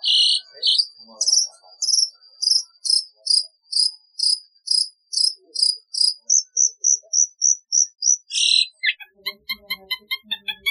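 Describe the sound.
Long-tailed shrike singing a run of shrill, evenly spaced doubled notes, then a softer string of high pure whistles and a harsh burst before rapid ticking notes.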